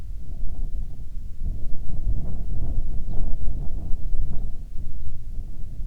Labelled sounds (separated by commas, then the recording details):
jet, wind
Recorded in the Prudhoe Bay oil fields, Alaska, on 7 August 2019 at 14:07
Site 17